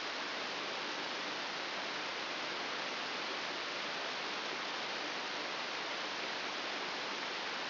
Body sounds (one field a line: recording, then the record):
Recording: brain microelectrode recording played as sound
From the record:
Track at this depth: inside the subthalamic nucleus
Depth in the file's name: 5.001 mm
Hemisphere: right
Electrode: 3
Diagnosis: Parkinson's disease